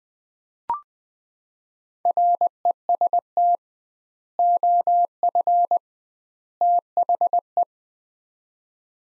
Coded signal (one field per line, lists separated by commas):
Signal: Morse code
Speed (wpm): 20 wpm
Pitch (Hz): 700 Hz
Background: none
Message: REST OF THE